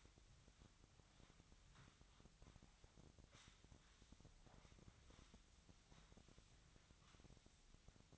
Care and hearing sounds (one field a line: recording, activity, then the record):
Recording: daily activity, microphone in the room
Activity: sweep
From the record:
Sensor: 3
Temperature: 24.8 degrees Celsius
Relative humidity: 38.3%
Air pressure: 1003.1 hPa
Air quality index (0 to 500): 196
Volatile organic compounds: 6 ppm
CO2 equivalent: 1913 ppm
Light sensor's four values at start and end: 18/44/18/20 and 18/43/18/19